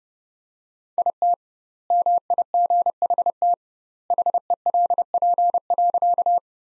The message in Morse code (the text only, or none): IT MIGHT HELP.